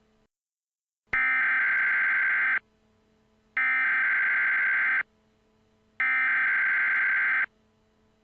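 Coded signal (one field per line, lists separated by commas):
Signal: Emergency Alert System (SAME) tones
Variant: header bursts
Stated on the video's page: Fictional mock alert for a place in Rigs of Rods, made with Audacity and EAS Creator 2.0.2.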